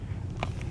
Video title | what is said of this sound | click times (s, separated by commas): pt 47 NINJA RESTORATION,SANDING BLOCK INFO AND PAINTING PLASTIC | a little tab and I've been real careful to keep that tip it actually snaps right in and I | 0.4 s